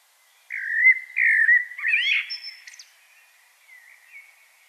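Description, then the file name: Common blackbird song phrase: smooth, mellow whistled notes build into a squeaky, scratchy high twitter, then fade into quiet warbling. "Turdus merula"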